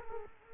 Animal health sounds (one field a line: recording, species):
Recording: mosquito wingbeat signal from an infrared sensor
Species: Culex quinquefasciatus